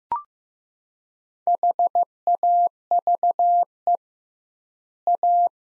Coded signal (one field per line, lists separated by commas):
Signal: Morse code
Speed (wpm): 15 wpm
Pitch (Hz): 700 Hz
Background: none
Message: HAVE A